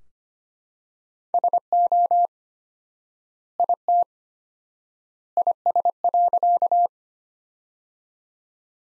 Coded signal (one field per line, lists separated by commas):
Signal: Morse code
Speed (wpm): 25 wpm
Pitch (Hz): 700 Hz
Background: none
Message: SO IT IS.